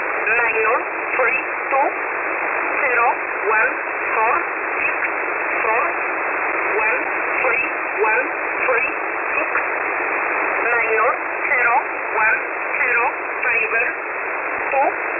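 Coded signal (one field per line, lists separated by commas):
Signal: numbers station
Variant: E11 Oblique, English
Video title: 21 05 2021 Number station E11 Oblique in English to Eu 0827 on 4909 unknown tx site in USB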